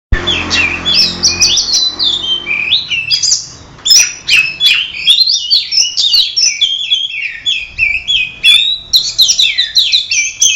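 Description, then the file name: Oriental magpie-robin song: dense, overlapping whistled and chattering phrases, high and varied, running almost without pause, with sharp clicks scattered through. Simulated songbird contest. "audio simulasi lomba untuk kacer omkicau"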